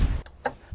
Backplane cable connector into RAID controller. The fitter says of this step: and clip it into place so it clicked in there